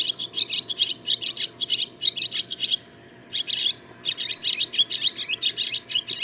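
Barn swallow song, a dense rapid twitter of high chirps, briefly stopping near three seconds before continuing.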